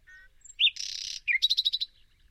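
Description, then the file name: Common nightingale singing: whistled notes, a loud buzz, a dropping slur, then a rapid, even series of bright, clipped notes. "Luscinia megarhynchos"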